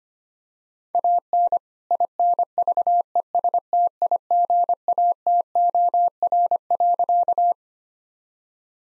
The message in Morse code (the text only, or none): AN INVESTIGATOR.